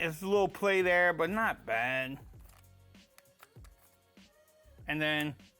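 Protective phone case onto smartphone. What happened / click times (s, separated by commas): The case is being handled and pressed but has not yet snapped home / none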